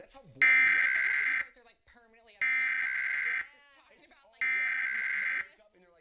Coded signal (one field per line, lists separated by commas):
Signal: Emergency Alert System (SAME) tones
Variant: header bursts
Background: speech